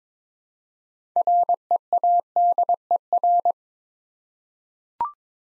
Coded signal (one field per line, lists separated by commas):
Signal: Morse code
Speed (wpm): 22 wpm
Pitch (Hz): 700 Hz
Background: none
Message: READER